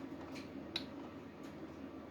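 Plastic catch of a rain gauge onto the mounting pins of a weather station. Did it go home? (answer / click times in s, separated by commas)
yes / 0.8 s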